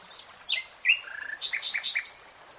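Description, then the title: Nightingale song phrase: varied whistled notes and slurs, then a rapid series of rich, repeated chirping notes. Nightingale singing in real time. "[Tiếng chim hót] 3 Hours REALTIME Nightingale Singing"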